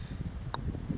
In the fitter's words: And oh, you hear it pop.